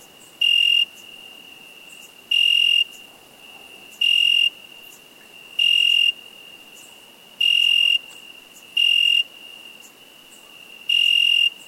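Chirping cricket, seven piercing high bursts roughly every two seconds, a thin continuous trill running underneath.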